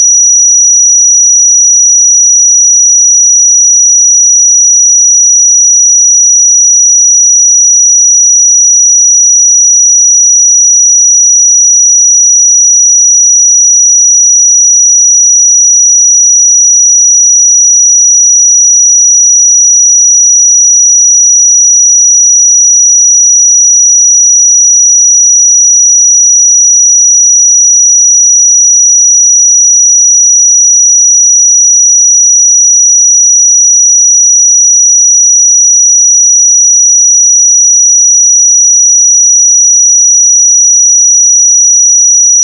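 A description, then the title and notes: A pure sine tone at 5834 Hz sounds steadily for the whole forty-two seconds, a single thin, bright whistle with no wavering. The level stays constant throughout, and nothing else is audible behind it. 5834 Hz 1 Hz Interval Sine Pure Tone Frequency 441000 Sample Mono.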